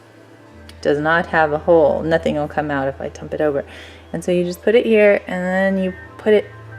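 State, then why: Not seated. A new ink cartridge is being handled and positioned at the nib section of a slim fountain pen while someone talks over quiet background music. Nothing has seated or clicked yet.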